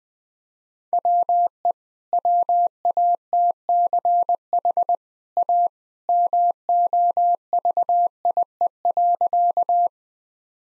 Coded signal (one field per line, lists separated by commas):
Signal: Morse code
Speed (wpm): 20 wpm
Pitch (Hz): 700 Hz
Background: none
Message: WE WATCH A MOVIE.